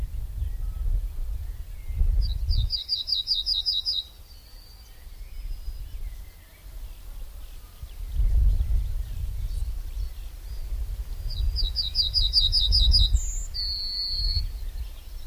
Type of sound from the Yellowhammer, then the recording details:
song. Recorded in the wild. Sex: male. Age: adult. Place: Lübars (Fließtal), Berlin, DE. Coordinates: 52.6167, 13.35. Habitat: meadow. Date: 1996-06-23 14:59. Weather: cloudy, 15°C. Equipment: Sony MD-WM MZ-R3, Sennheiser MKH 416 T, Kopie Uher 4000 Report Monitor. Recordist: Tembrock, Günter